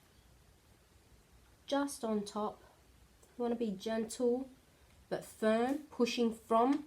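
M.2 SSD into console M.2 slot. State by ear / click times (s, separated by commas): not seated / none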